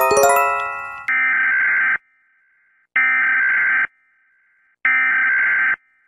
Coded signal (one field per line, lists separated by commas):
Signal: Emergency Alert System (SAME) tones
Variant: header bursts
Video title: EAS Alarms but Countryballs | #2024 #animation #countryballs #shorts